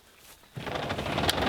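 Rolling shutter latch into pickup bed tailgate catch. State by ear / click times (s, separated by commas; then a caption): seated / 1.3 s. The rolling load-bed shutter on a 2019 Nissan Navara N-Guard pickup is pulled closed and pushed down. After a quiet start, a broad rumbling rattle builds from about 0.6 s, and a single sharp hit at 1.3 s marks the shutter latch locking into the tailgate catch, seating it in place.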